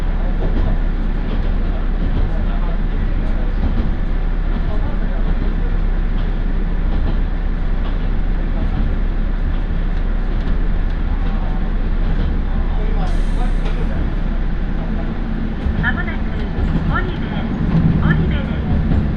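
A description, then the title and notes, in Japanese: Aboard the Tarumi Railway train, a steady low rumble of the railcar continues throughout, with faint voices, a brief bright squeal near thirteen seconds. 樽見鉄道 モレラ岐阜→樽見。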